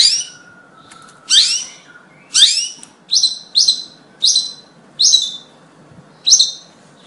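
Bird song of sharp high chirps that drop in pitch, repeated about once a second.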